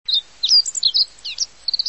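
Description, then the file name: Meadow bunting singing a quick high phrase of thin, sharp chirps and slurred notes, tumbling in short bursts against a quiet background. "houjiro"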